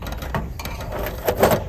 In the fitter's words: 卡上去哦這樣就是剛剛好有了插片的位置